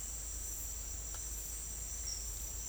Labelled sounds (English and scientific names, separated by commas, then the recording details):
none
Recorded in secondary vegetation near Puerto Asís, Putumayo, Colombia, on 22 December 2024 at 08:30
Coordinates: 0.484, -76.319
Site GP06